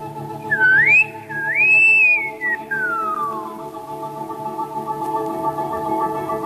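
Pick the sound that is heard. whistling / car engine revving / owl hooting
whistling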